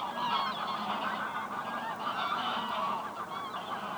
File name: Ganzen rusten op het ijs bij het hondenhemeltje in venhuizen - De Auditieve Dienst